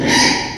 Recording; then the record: squeal of a Yucatan mini pig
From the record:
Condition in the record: before surgery on the right vocal fold (resection and tissue-engineered implant); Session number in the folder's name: 2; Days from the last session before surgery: 0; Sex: male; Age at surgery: 12 weeks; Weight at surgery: 13 kg